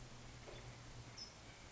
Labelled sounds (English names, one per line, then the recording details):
California Towhee
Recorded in Sonoma County, California